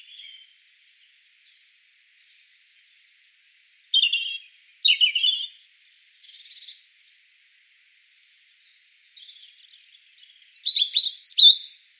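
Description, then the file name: European robin singing several phrases of high-pitched twitters and slurred whistles, separated by silent gaps. "Erithacus rubecula"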